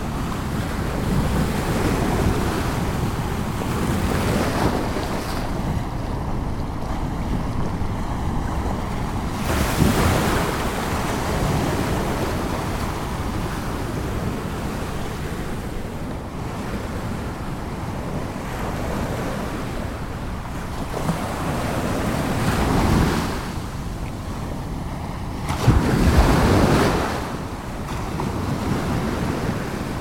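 Ocean waves roll in with a steady low rumble, and brighter washes of surf swell up every few seconds, around 5, 10, 22 and 26 seconds. Wind buffets the microphone throughout, adding a deep blustery rumble beneath the water.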